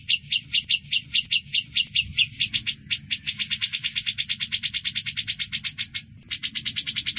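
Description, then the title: Grey-cheeked bulbul delivering rapid strings of clipped, high chattering notes, briefly pausing, then resuming at an even quicker pace. "Cucak Jenggot"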